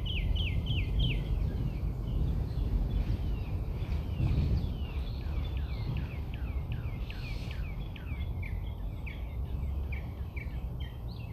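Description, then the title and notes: Birds singing, a fast run of repeated high chirps throughout, with a steady low rumble of background noise. Recorded outside the narrator's house. "Bird Songs Part Two. More bird songs outside my house"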